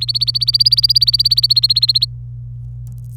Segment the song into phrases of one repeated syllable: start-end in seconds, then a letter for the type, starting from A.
0.00-2.06 A